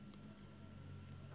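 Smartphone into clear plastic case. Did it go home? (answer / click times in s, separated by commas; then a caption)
no / none. A Samsung Galaxy S7 smartphone is being fitted into a clear plastic case, volume-button side first, with a steady low hum and a brief faint tick at 0.1 s. The phone has not snapped into place yet; nothing has seated or clicked.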